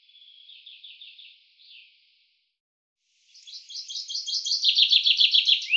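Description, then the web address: Common chaffinch singing twice: a short, softer phrase of repeated notes, a pause, then a louder rattling run of descending notes building in volume. "Deverinetal 2025 File cleaned normalized Bird Fr Co"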